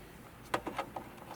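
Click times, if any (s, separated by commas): 0.5 s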